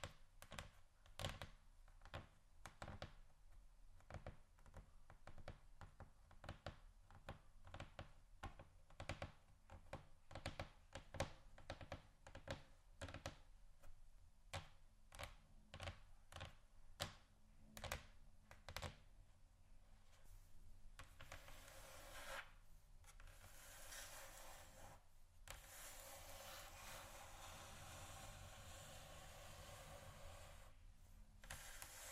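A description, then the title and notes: Tapping and scratching on a table surface. For the first twenty seconds, sharp taps and knocks come in quick irregular bursts over a faint rasp; after that, steady scratching and rubbing dominate, continuous and bright, with brief pauses. ASMR Tap & Scratch On Table Surfaces （No Talking）.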